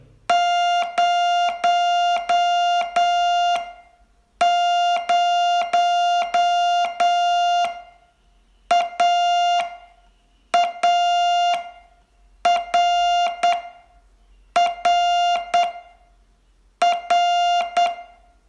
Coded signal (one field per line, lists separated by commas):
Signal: Morse code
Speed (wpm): 8 wpm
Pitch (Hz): 700 Hz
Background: none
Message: 00AARR R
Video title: Learn Morse in 42 Days from VU2LAU - day 21